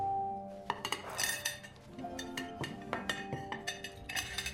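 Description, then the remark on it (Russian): Dishes and cutlery clatter and clink in a steady, irregular series of sharp bright knocks as Ben's father, a film character, stacks and clears the dishes after dinner, with no voices, only the clanking of tableware. “Поужинав, отец Бена убирает посуду.”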